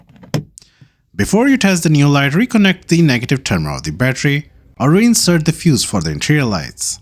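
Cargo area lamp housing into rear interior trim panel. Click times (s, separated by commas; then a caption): 0.3 s, 0.6 s. A replacement plastic cargo area lamp housing for a Kia Sportage is pressed back into the rear interior trim panel. It snaps into place with two sharp clicks at 0.3 s and 0.6 s. After a short pause, someone talks.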